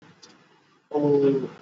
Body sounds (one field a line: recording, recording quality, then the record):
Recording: sustained vowel as in boot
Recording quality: moderate, slight background noise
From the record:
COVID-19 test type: RT-PCR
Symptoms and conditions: cough, cold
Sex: male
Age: 20 years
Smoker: no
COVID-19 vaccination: both doses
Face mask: worn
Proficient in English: yes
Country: India